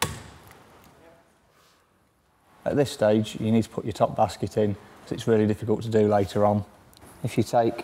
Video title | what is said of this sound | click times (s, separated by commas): Innostor Plus Rotating Soft Close Larder Installation Guide | slides up underneath a bit that you've just fitted and clicks into place | 0.0 s